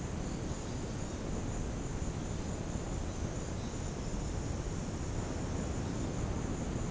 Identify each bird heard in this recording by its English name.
none